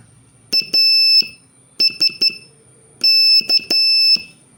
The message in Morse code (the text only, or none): ASK